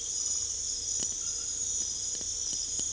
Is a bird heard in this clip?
no